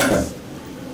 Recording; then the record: coughing mixed with background sound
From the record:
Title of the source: Residual Phlegmy Morning Coughing and Gagging